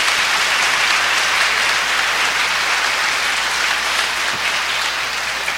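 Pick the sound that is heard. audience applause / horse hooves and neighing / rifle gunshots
audience applause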